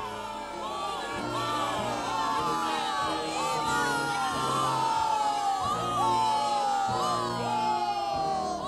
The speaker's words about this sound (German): Das Volk jubelte, die Kurkapelle spielte die Fürstenhymne, Blümchen und Konsorten waren überrascht.